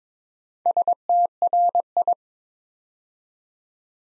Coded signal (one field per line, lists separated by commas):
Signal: Morse code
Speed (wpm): 21 wpm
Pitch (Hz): 700 Hz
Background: none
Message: STRI